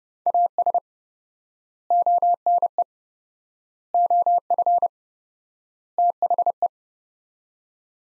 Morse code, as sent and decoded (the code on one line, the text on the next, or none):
.- ... / --- -. . / --- ..-. / - .... .
AS ONE OF THE